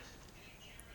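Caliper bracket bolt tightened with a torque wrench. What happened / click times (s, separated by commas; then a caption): Torque wrench clicks at setting / 0.8 s. A half-inch torque wrench tightens a steel front brake caliper bracket bolt to 80 ft-lb on an Acura CL, TL, TSX or Honda Accord, with steady low background noise throughout. One sharp, short click sounds at 0.8 s as the wrench reaches its setting, meaning the bolt is torqued to spec.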